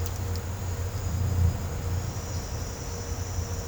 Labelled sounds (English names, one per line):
none